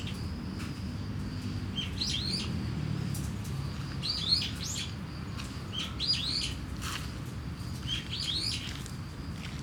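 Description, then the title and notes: Starling singing short squeaky, rising chirp phrases about every two seconds, with a constant high insect drone and a dull rumble of traffic beneath. Singing in a tree in Kiyosumi garden, Tokyo, Japan, with crickets and cars; binaural recording with DPA 4060 microphones and a Deity PR-2. "Kiyosumi garden, Tokyo, Japon - Starling in a tree. Starling singing in a tree, crickets, cars, helicopter, people passing by"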